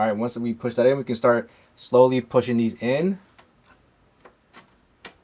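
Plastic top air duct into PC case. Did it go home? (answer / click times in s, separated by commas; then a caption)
yes / 5.0 s. Someone talks while the plastic top air duct of a Corsair AIR 5400 PC case is slowly pushed into place, with faint ticks at about 3.4 and 4.3 s. A sharp click on the right side at 5.1 s marks the duct seating, leaving it fully installed.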